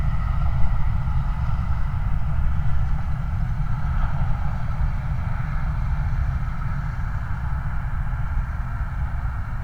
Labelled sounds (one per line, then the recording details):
flare stack
vehicle
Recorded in the Prudhoe Bay oil fields, Alaska, on 29 July 2019
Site 29